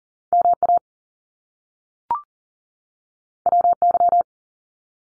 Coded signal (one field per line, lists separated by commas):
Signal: Morse code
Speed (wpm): 42 wpm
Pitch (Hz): 700 Hz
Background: none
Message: MA WY